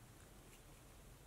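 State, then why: Not seated. The plastic back cover of a Nissan car key fob is being handled onto its housing after a new CR2032 coin battery has been fitted. Only a steady, broadband noise is heard, with no distinct click. The cover has not clicked into place yet.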